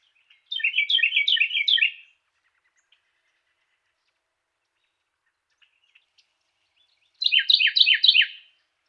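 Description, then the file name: Carolina wren song with two bouts of quick repeated rich, rolling syllables separated by several seconds of near silence with a few faint ticks. Song variation number three. "suara-kicauan-burung-carolina-wren-variasi-3-omkicau"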